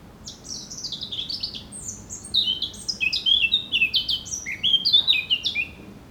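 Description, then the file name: Eurasian blackcap song: a lively warbling phrase of high, quick notes that ends in clearer, louder fluty whistles. "Sylvia atricapilla"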